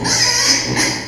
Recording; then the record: squeal of a Yucatan mini pig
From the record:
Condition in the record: before surgery on the right vocal fold (resection and tissue-engineered implant); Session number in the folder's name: 2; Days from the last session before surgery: 0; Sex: male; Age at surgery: 12 weeks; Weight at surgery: 13 kg